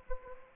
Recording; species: mosquito wingbeat signal from an infrared sensor; Anopheles gambiae